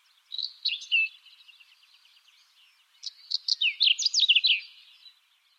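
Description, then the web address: Finch song: two bursts of bright, twittering notes, a short trill then a livelier run of rising and falling chirps, with a brief pause between them. "Vogelraetsel 3. Heidefink"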